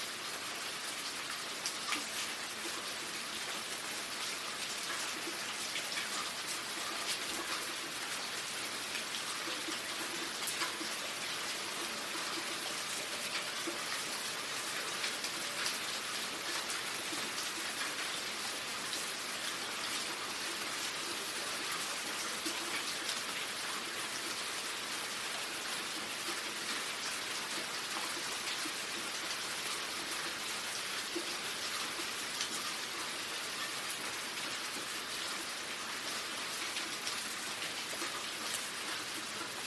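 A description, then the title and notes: Summer rain falls in a steady, dense patter, bright and hissy, with constant loudness and tiny drop ticks throughout, no pauses. Summer Rain Storm Sound. Imagine sitting on your back porch on a warm summer evening as the rain comes down in a steady, hypnotizing patter.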